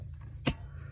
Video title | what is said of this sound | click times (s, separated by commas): 2020 GMC Sierra AT4 JLT PERFORMANCE Oil Separator 3.0 | right down in here till you hear it click. | 0.5 s